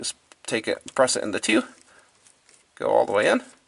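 A crimped terminal pin is pressed by hand into a plastic engine-management wiring connector housing while someone talks, with a few faint, brief handling sounds in the pause around 2.3 to 2.5 seconds. The pin is handled but not yet home; nothing has seated or clicked yet.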